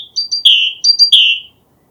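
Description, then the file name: Great tit calling: two short high notes followed by a longer, lower, slightly descending whistled note, the phrase given twice in quick succession. "Parus major"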